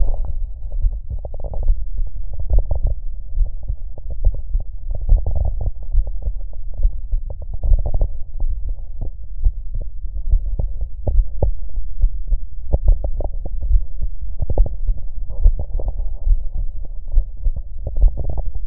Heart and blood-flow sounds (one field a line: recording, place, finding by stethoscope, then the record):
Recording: heart sounds by stethoscope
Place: pulmonary valve (PV)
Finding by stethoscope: normal heart sounds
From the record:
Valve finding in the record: normal valve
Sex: male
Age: 78 years